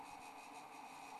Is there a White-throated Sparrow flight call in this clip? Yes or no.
no